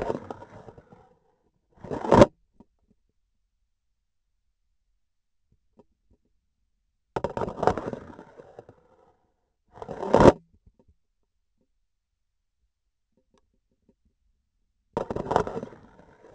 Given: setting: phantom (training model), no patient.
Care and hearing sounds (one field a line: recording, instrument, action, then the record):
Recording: laparoscopic instrument, vibration sensor on the handle end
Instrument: grasping forceps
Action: insertion and removal through the trocar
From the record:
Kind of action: spatial motion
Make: other than Olympus